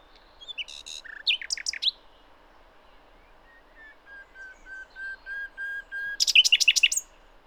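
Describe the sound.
Common nightingale song: quick chattering notes, then a slow series of pure whistles climbing in loudness, finishing with a rapid harsh trill.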